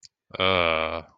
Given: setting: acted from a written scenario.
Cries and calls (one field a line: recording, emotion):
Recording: vocal sound without words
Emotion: shame